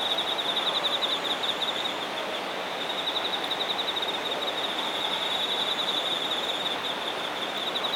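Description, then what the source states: Singing insects give a thin, continuous, high pulsed trill, fairly quiet against a strong, steady background hiss, with a faint very high shimmer above. Singing insects recorded in Shinagawa, Japan.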